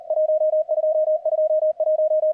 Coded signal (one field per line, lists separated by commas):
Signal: Morse code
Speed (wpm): 38 wpm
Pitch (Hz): 660 Hz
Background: radio noise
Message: 1221